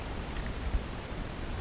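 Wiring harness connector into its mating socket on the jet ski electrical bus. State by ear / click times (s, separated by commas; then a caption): not seated / none. A wiring harness connector is lined up with its mating socket on the electrical bus of a 2012 Sea-Doo 4-TEC GTR 215 jet ski, with its orientation matched to the connector already in place, just before being pushed in during an X Package module install. Only a steady broadband hiss with faint rustling is heard, with a slight low bump around 0.7 to 0.8 s. Nothing has seated or clicked yet.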